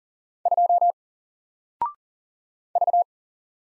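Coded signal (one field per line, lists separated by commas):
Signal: Morse code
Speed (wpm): 40 wpm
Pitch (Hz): 700 Hz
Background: none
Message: 2 V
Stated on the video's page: Morse practice at 40 wpm of single letters and numbers, each sent, spoken, then sent again for head-copy.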